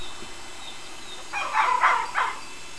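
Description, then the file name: Fox giving three short, harsh, raspy barks in quick succession over a steady background hiss. "foxsound"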